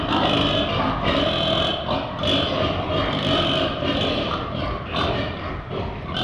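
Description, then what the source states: Pig: a dense chorus of pigs, with rapid grunting and squealing running almost nonstop and a few louder shrieks breaking through. Pigs in a pen.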